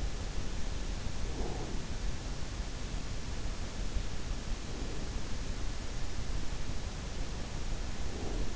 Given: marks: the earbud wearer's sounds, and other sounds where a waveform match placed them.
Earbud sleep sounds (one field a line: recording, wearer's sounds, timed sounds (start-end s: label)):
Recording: sounds in sleep by an in-ear microphone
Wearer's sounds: breath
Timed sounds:
1.13-1.80 s: breath
4.62-5.13 s: breath
8.02-8.56 s: breath